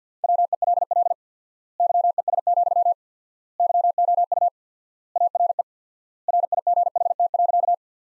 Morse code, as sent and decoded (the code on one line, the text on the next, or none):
.-- . .-.. .-.. / -.-- . ... --..-- / -.-- --- ..- / .- .-. . / .-. .. --. .... - .-.-.-
WELL YES, YOU ARE RIGHT.